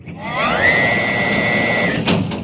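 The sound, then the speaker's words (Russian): A hatch in the middle of a field hisses open as people approach: a steady, loud rush of air with a mechanical whine that rises and then holds, ending in a sharp clunk just after two seconds. “Только и мелькнуло перед глазами, и люк с шипением открылся.”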